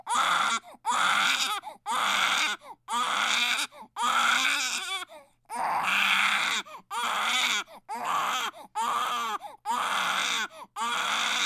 Baby crying hard and long.